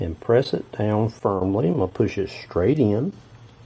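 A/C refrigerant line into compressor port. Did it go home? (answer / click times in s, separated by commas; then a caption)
no / none. A low-pressure A/C refrigerant line with an oiled O-ring is maneuvered toward the compressor port of a 2012 Honda Civic while someone talks about pressing it down firmly and pushing it straight in. Nothing has seated or clicked yet when the clip ends.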